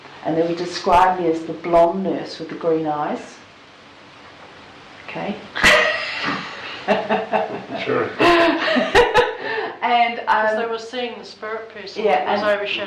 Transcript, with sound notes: and they would describe me as the blond nurse with the green eyes. OK! (Laughter) OK. And they were seeing the spirit person who was overshadowing.